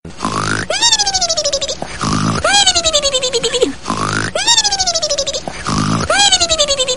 Snoring.